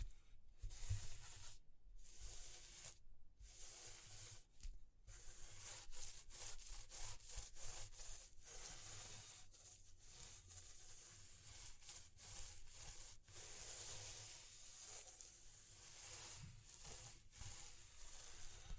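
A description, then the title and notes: A rough, hissing texture of rubbing or scraping, like something dragged across wood, runs almost continuously. In the first five seconds it stops briefly several times, then becomes a denser, steadier rasp with quick flickers. Soft low thumps murmur underneath. ASMR Exploring Textures (No Talking).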